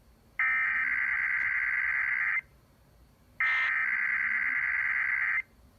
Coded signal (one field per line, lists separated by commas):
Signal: Emergency Alert System (SAME) tones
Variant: header bursts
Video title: Sunday Morning Weeklies (EAS #2816-2818)